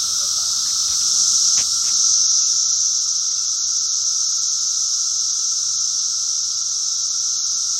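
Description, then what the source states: Cicadas droning in a steady, high, hissing chorus that never breaks, with a fainter constant whine underneath and a few soft clicks early on. Several cicadas.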